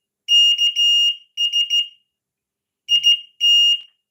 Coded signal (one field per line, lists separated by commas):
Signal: Morse code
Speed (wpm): 14 wpm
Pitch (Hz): 2850 Hz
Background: none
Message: KS IT